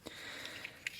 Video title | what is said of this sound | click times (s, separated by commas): Prototype Preview - Zap's ARC Compatible Holster | I do want to change the detents a little bit right now it grabs on the top ring I want it to grab on the bottom ring such that you don't have three clicks right now like you do here I want that single nice click action | 0.1 s, 0.7 s, 0.9 s